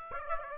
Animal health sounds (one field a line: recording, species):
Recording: mosquito wingbeat signal from an infrared sensor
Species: Aedes aegypti